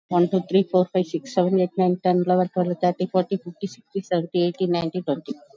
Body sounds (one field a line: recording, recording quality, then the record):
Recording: counting at a fast pace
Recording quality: excellent, no background noise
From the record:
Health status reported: COVID-19 positive, moderate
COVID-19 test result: positive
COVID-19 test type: RT-PCR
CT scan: taken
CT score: 9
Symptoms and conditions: cough, cold, fever, muscle pain, loss of smell and taste, diarrhoea, hypertension, diabetes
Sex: female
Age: 57 years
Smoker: no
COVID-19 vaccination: none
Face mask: worn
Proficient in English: no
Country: India